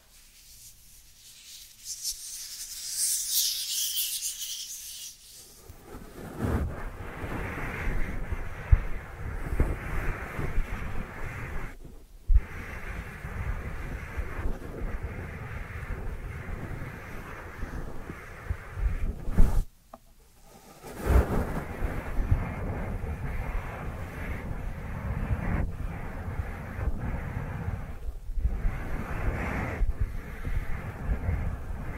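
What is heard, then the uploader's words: Dry hands rub together in a dense, steady rustling after a faint hiss in the first five seconds, pausing briefly around 12, 20 and 28 seconds. Dry Dry Hand Sounds. (No Talking).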